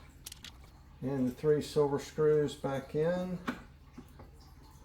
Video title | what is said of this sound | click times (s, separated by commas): Thereye Add Water Issue | this piece just kind of snaps in place | 0.3 s